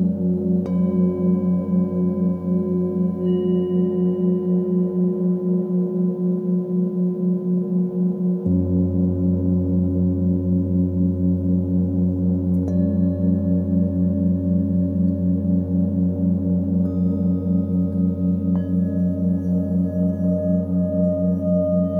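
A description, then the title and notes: Tibetan singing bowls ring in a steady, sustained drone with a slow, regular pulsing throb throughout. The low tone drops and thickens around eight seconds, and fresh strikes near the start, at about thirteen seconds and around seventeen seconds add brighter ringing overtones. F# Heart Chakra Singing Bowls with 4hz Binaural Beat. Tibetan Singing bowls with a 4hz binaural beat.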